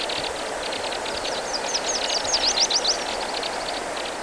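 White-winged crossbill calls: a rapid series of short, high, dry notes, with sharper slurred chips near the middle, over a steady background hiss.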